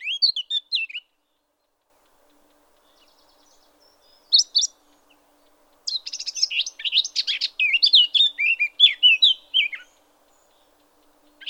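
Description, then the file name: Eurasian blackcap song: a few short chirps early, then a long, rich, rapid warble of varied scratchy and fluted notes lasting about four seconds. "Sylvia atricapilla"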